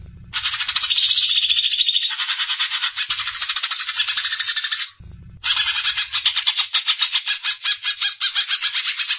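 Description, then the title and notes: Greater green leafbird song: two long, loud runs of rapid rasping chatter, separated by a brief break near five seconds. Champion songbird. "Kicau Burung Cucak Ijo Juara. Suara kicauan burung cucak ijo"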